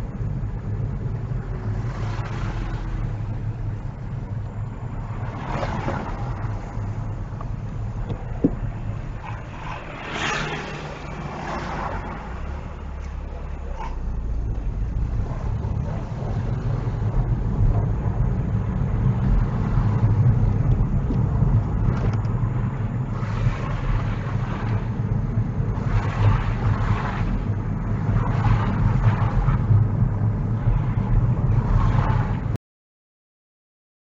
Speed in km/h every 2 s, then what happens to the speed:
11, 11, 11, 5, 0, 0, 10, 18, 21, 23, 21, 23, 24, 23, 21, 23, 23.
0-5 steady at about 11. 5-7 brakes to 0. 7-10 standing. 10-16 pulls away to 21. 16-34 steady at about 23.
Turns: none.